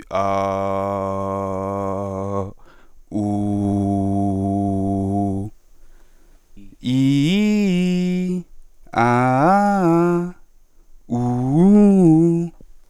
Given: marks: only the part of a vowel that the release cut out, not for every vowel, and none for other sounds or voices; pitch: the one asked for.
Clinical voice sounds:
sustained vowels; male; 20 to 29 years; 0; 0; 0
0.43-2.32 s: vowel /a/, low pitch
3.32-4.54 s: vowel /u/, low pitch
7.02-7.68 s: vowel /i/, low-high-low pitch
9.06-10.16 s: vowel /a/, low-high-low pitch
11.25-12.35 s: vowel /u/, low-high-low pitch
From the record:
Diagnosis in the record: healthy voice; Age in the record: 25 years

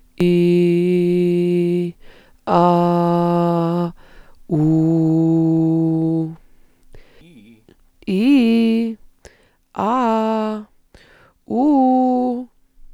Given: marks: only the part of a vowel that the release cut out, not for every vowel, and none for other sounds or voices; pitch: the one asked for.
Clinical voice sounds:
sustained vowels; female; 40 to 49 years; 0; 0; 0
0.28-1.74 s: vowel /i/, low pitch
3.17-3.84 s: vowel /a/, low pitch
4.86-6.20 s: vowel /u/, low pitch
8.13-8.81 s: vowel /i/, low-high-low pitch
9.85-10.48 s: vowel /a/, low-high-low pitch
11.57-12.31 s: vowel /u/, low-high-low pitch
From the record:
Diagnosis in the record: functional dysphonia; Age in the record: 41 years

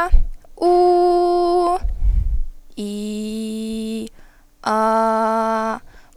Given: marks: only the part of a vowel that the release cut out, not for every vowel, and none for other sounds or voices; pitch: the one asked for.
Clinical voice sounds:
sustained vowels; female; 18 to 19 years; 0; 0; 0
0.67-1.64 s: vowel /u/, high pitch
2.98-3.89 s: vowel /i/, low pitch
4.76-5.63 s: vowel /a/, low pitch
From the record:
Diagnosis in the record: healthy voice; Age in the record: 19 years

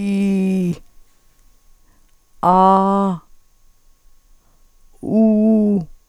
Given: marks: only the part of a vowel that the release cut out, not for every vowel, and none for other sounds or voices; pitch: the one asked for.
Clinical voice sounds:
sustained vowels; female; 50 to 59 years; 0; 0; 0
0.00-0.69 s: vowel /i/, normal pitch
2.50-3.09 s: vowel /a/, normal pitch
5.19-5.74 s: vowel /u/, normal pitch
From the record:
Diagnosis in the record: dysarthrophonia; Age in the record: 52 years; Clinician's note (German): Beginnende Form mit beids. unregelmäßigem Schwingungsbild; primär Dysglossie

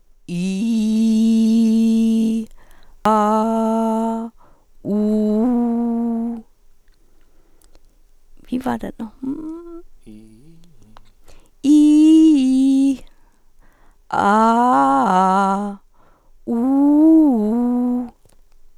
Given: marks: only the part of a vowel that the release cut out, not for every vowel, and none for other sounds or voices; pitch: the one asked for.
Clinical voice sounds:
sustained vowels; female; 40 to 49 years; 1; 1; 1
0.36-2.36 s: vowel /i/, low pitch
3.07-4.16 s: vowel /a/, low pitch
4.91-6.26 s: vowel /u/, low pitch
11.70-12.88 s: vowel /i/, low-high-low pitch
14.26-15.54 s: vowel /a/, low-high-low pitch
16.53-17.98 s: vowel /u/, low-high-low pitch
From the record:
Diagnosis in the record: hyperfunctional dysphonia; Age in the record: 47 years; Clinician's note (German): Vorbekannte ponogene Dysphonie

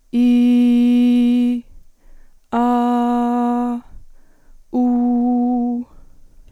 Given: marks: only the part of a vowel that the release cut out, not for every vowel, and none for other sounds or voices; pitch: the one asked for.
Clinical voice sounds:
sustained vowels; female; 40 to 49 years; 2; 0; 0
0.25-1.45 s: vowel /i/, high pitch
2.63-3.70 s: vowel /a/, high pitch
4.83-5.72 s: vowel /u/, high pitch
From the record:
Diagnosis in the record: dysphonia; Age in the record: 41 years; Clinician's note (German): Postlaryngitische Dysphonie

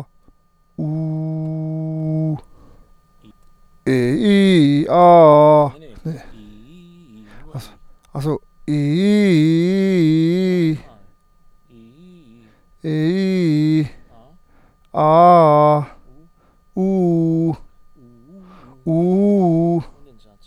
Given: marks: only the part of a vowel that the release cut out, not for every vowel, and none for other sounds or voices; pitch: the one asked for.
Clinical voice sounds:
sustained vowels; male; 40 to 49 years; 0; 0; 0
0.89-2.25 s: vowel /u/, low pitch
13.02-13.79 s: vowel /i/, low-high-low pitch
15.02-15.76 s: vowel /a/, low-high-low pitch
18.95-19.74 s: vowel /u/, low-high-low pitch
From the record:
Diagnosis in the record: healthy voice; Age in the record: 40 years

